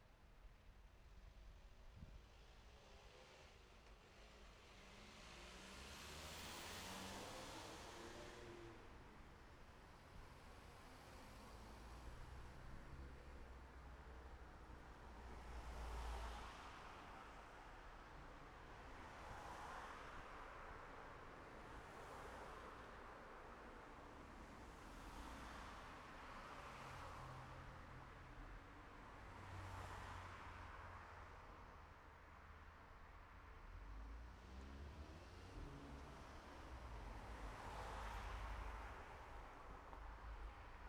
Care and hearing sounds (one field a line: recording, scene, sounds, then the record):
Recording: everyday scene through a hearing-aid microphone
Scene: in traffic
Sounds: traffic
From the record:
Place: city secondary road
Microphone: behind the ear, left, front